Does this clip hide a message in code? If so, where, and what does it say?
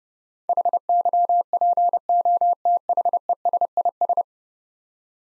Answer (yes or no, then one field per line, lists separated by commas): yes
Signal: Morse code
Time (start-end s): 0.5-4.2 s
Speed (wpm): 32 wpm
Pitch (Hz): 700 Hz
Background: none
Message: HYPOTHESIS